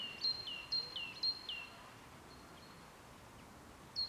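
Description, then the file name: Great tit giving a few quick high-low whistled pairs in a row, then a pause and a single further note, over faint steady noise. "Parus major"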